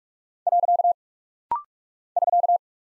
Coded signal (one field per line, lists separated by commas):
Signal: Morse code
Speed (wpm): 43 wpm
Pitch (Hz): 700 Hz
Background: none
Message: . <SK>